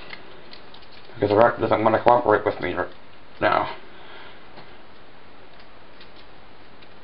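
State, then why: Not seated. A plastic Transformers: Prime: Robots in Disguise Deluxe Class Airachnid action figure is handled during transformation as its head/back panel is worked toward locking into the body. A few faint ticks of handling are heard near the start, then someone talks over a quiet background. Nothing has seated or clicked into place yet.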